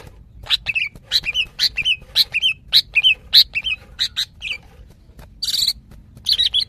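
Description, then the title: Greater green leafbird giving a fast, busy run of sharp chirps and short whistled notes, several per second, with one brief buzzy burst near the end. Female calling to a male; described as very vocal. "CUCAK IJO BETINA GACOR HIPER MEMANGGIL JANTAN"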